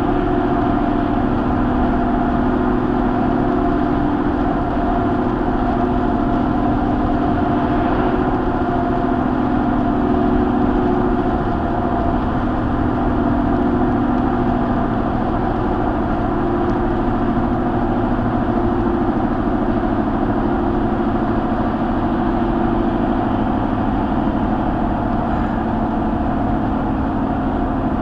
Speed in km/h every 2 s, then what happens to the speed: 122, 122, 122, 124, 124, 124, 121, 119, 119, 118, 118, 114, 113, 111.
0-10 steady at about 122. 10-28 slows to 111.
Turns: none.